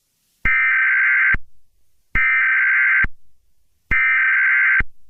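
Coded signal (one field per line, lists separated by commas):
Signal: Emergency Alert System (SAME) tones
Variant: header bursts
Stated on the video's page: Fictional EAS scenario.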